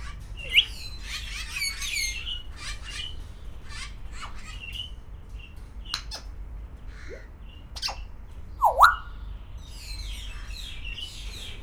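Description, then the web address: African grey parrot calls: a busy mix of whistled chirps, short squawks and a loud swooping whistle near the end, over low steady background hum. Captive bird at a zoo in Szeged, 2011, calm. "2011 jakopapagaj bekesen"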